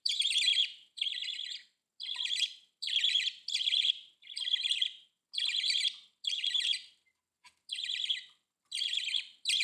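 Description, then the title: Budgerigar calls: harsh buzzy chirps repeated a little more than once a second, with a brief pause late on. "Budgie Sounds"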